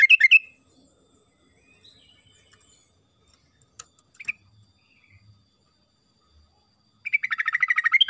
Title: GACOR Ropel Ngalas Pancingan Trucukan Agar Bunyi Jadikan Burung Trucuk